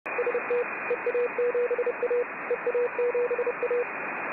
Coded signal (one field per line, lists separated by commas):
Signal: Morse code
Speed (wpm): 30 wpm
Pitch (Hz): 480 Hz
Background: radio noise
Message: ST EA7A EA7A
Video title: MORSE code station transmission #radio #antenna #hamradio